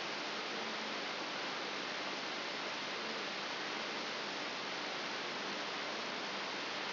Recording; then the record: brain microelectrode recording played as sound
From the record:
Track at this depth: inside the subthalamic nucleus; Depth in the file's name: 1.005 mm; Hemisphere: left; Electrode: 3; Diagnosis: Parkinson's disease